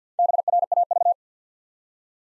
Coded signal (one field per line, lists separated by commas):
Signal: Morse code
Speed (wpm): 54 wpm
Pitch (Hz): 700 Hz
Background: none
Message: BRAV